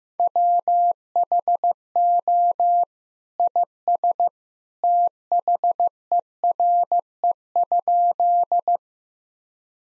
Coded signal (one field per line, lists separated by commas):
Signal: Morse code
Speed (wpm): 15 wpm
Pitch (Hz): 700 Hz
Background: none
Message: WHO IS THERE?